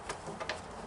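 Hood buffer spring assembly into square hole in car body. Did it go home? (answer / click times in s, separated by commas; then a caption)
no / none. A new plastic hood buffer spring assembly for a Mercedes C250 is handled at the square hole in the car's body panel, with its little plastic fingers ready to snap in. Two short, light ticks come at about 0.1 s and 0.5 s over a quiet background. Nothing has seated or clicked into the hole yet.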